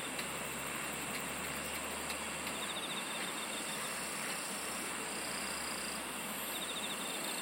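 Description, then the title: Insect trills, brief and pulsed, over a steady high drone and broad hiss. "SINGING OF INSECTS"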